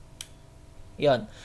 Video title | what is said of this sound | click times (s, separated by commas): GEEKVAPE - L200 CLASSIC KIT | So maririnig mo naman magki-click siya kapagka nag-lock na siya yon | 0.2 s